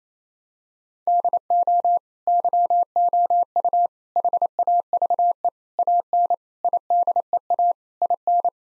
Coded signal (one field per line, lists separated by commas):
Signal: Morse code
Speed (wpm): 27 wpm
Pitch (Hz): 700 Hz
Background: none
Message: DO YOU HAVE AN IDEA IN